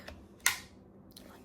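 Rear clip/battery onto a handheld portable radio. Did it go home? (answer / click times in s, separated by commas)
yes / 0.5 s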